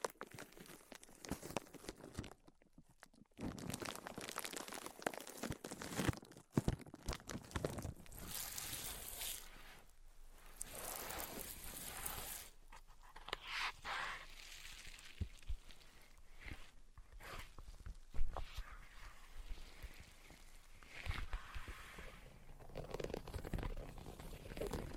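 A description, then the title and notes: Tapping, scratching and tracing sounds come in irregular bursts of dry, bright scrapes and soft taps, with brief silences near three and six seconds. Tapping, Scratching, and Tracing Sounds.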